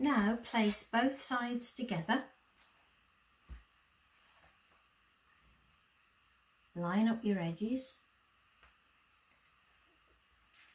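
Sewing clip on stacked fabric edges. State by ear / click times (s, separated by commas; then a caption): not seated / none. Two fabric bag panels are placed together with their edges lined up, ready to be held with sewing clips. Someone talks at the start and again around 7 seconds, with faint handling sounds in between. Nothing has clicked or seated yet.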